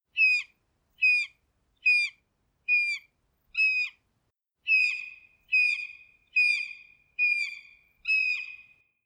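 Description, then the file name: Red-shouldered hawk giving a series of loud, clear, downslurred screaming calls, about one every second, ten in all with a short pause midway. "Bird Red Shouldered Hawk"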